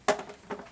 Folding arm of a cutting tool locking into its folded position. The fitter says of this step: and Clicks in place and then you can store it you can hold it by the handle now